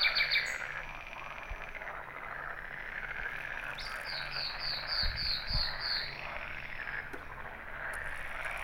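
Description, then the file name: Common nightingale singing a quick run of bright, evenly repeated whistled notes, heard over a dense, steady pulsing chorus of frogs. "Luscinia megarhynchos"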